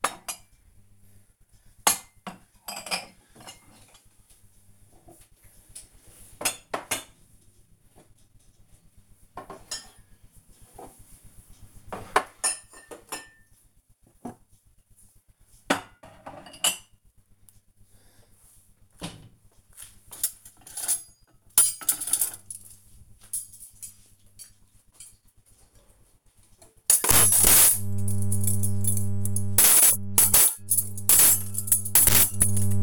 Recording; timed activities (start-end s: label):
household activities, microphone on the right wrist
0.00-32.83 s: putting away the dishes